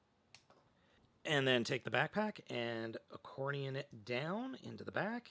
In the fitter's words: then come down to the shoulders and pull them up and snap them into place